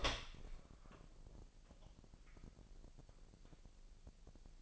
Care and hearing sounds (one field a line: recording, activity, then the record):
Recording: daily activity, microphone in the room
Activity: open door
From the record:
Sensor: 5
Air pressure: 1001.3 hPa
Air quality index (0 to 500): 248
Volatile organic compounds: 35 ppm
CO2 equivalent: 3060 ppm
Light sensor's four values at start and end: 36/84/33/32 and 36/83/33/32